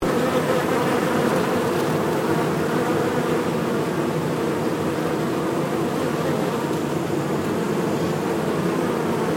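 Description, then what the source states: Bees buzzing in a hive, a dense, steady droning hum with no pauses throughout. Bees at a hive.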